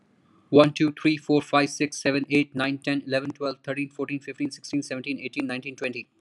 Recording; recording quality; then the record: counting at a fast pace; excellent, no background noise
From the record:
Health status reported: healthy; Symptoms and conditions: none ticked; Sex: male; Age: 32 years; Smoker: not ticked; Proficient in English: yes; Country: India